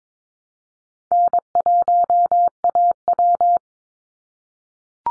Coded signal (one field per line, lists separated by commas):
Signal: Morse code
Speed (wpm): 22 wpm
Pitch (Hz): 700 Hz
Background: none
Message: N1AW